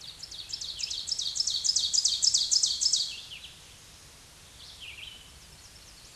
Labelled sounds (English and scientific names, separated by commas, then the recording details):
Ovenbird (Seiurus aurocapilla) song
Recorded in a Pennsylvania forest on 16 May 2024 at 07:54
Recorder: AudioMoth, point MSD-2376
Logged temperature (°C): 16.7 °C
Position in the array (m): 145 m, -8 m